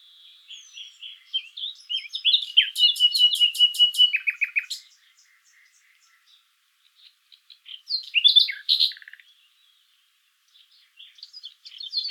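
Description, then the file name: Common nightingale song: soft opening whistles build into a rapid series of loud pulsed notes and a buzzy ending, then a second shorter chattering burst. "Luscinia megarhynchos"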